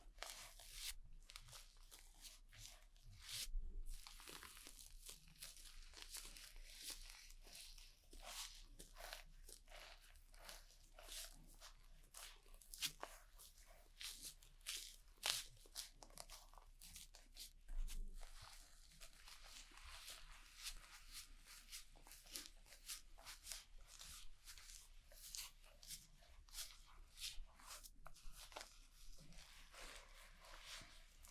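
A haircut in progress: quick, crisp snipping and rustling sounds come in rapid, irregular bursts for the whole half minute, bright and hissy at the top. A low, steady hum sits underneath, with a few louder thumps around four and eighteen seconds.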